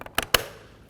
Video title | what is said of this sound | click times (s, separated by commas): How to Replace Front Door Lock Switch 10-17 Chevy Equinox | should hear a click like | 0.2 s, 0.4 s